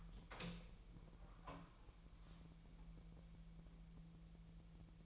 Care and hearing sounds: daily activity, microphone in the room; open door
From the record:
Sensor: 1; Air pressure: 1001.3 hPa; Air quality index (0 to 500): 249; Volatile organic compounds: 140 ppm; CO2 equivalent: 3979 ppm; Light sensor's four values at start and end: 13/30/13/14 and 13/31/13/14

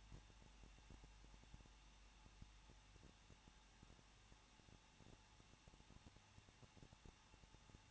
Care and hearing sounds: daily activity, microphone in the room; no activity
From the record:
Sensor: 1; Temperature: 20.1 degrees Celsius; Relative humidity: 39.2%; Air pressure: 1006.3 hPa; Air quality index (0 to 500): 218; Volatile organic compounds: 77 ppm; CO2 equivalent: 3580 ppm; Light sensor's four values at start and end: 1/2/1/1 and 1/2/1/1

